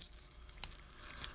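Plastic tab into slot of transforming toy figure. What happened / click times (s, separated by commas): The plastic tab snapped into its slot / 0.6 s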